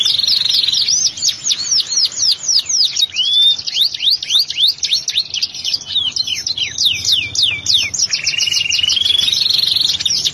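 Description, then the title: Canary giving a continuous, varied song of rapid high swooping notes, broken by two smooth whistled glides. "Kenari"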